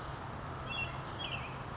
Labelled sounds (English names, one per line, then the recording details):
California Towhee
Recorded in Sonoma County, California